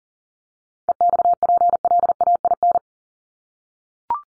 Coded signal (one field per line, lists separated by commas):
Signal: Morse code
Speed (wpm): 40 wpm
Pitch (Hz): 700 Hz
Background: none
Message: EXPLAIN